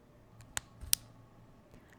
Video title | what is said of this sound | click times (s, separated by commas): Power Drill - How to Use | To properly secure the drill bit, rotate the truck clockwise. You will often hear clicks. | 0.6 s, 0.9 s